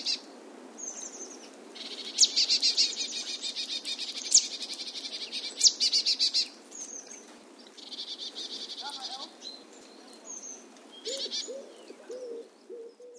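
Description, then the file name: Marsh tit giving long buzzy runs of quick nasal notes with sharp high clicks mixed in, and a few thin high notes between them. "Poecile palustris"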